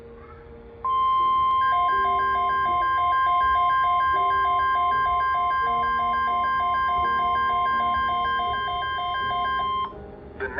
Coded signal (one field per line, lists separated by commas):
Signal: Emergency Alert System (SAME) tones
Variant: 1050 Hz attention tone